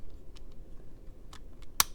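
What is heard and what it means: A displaced plastic gear in the disc drive mechanism of a PS5 CFI-1015A is pressed back into position. After faint ticks at 0.4 and 1.3 seconds, the gear snaps home with one sharp, loud snap at 1.8 seconds, seating it back in place.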